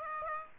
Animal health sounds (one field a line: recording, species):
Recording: mosquito wingbeat signal from an infrared sensor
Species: Aedes aegypti